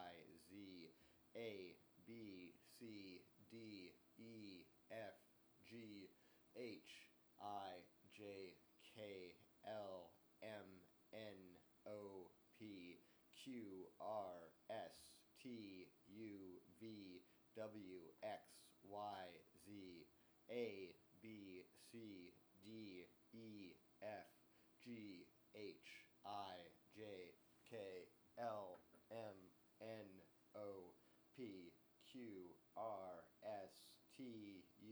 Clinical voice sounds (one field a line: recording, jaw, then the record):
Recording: letters of the alphabet, spoken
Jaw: free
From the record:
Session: seven days later